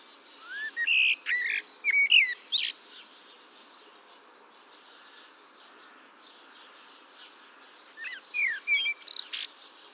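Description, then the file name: Eurasian blackbird singing warbled, mellow phrases that break into thin high squeaks, a pause of several seconds, then a shorter second phrase. "Turdus merula"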